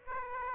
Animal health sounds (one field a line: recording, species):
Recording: mosquito wingbeat signal from an infrared sensor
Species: Aedes aegypti